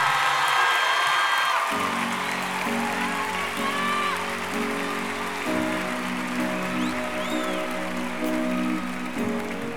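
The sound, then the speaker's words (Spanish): A crowd claps in a dense, steady burst of applause for three women that lasts throughout, joined after a couple of seconds by sustained music tones underneath. “Un fuerte aplauso para ellas, por favor.”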